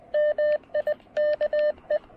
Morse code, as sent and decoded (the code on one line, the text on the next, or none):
-- .. -.- .
MIKE